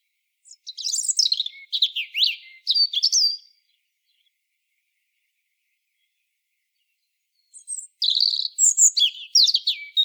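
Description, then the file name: European robin song: two bursts of high, thin, rapidly varied warbles and trills, separated by about four seconds of silence, against a quiet background. "Erithacus rubecula"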